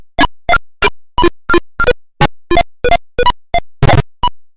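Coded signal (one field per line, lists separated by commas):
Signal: none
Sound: game music beeps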